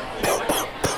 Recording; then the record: coughing mixed with background sound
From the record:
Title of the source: Coughing 79